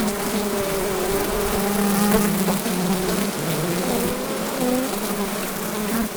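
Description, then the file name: Many bee buzzing together, a full steady drone with individual wavering tones rising and falling within the hum. About 12000 bees, multichannel. "bees recorded 12000 bees multi channel"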